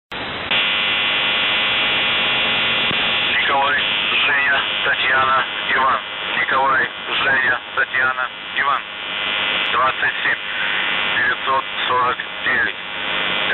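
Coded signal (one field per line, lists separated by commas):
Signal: coded military voice message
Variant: UVB-76, Russian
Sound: harsh droning buzz, then a Russian male voice reading words over the buzz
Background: continuous buzzer drone, radio static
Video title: UVB-76/The Buzzer Voice Message - June 14, 2023 14:05 UTC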